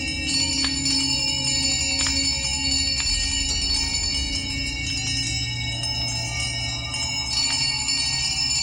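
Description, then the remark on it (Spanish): A dense, continuous jangle of all the small bells of a house ringing loudly together, their bright metallic tones overlapping steadily throughout, with no speech. “Oscilaba tan suavemente al principio que apenas producía sonido, pero pronto sonó estrepitosamente, y lo mismo hicieron todas las campanillas de la casa.”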